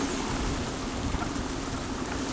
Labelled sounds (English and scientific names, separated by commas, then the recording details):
none
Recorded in pastures near Pivijay, Magdalena, Colombia, on 4 June 2023 at 10:00
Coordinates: 10.456, -74.369
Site P6-G026